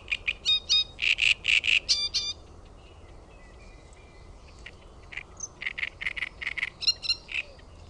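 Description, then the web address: Great reed warbler singing a loud run of harsh, croaking notes, then a pause of a few seconds before another chattering phrase of grating and squeaky notes. "OMAT AANITYKSET RASTASKERTTUNEN"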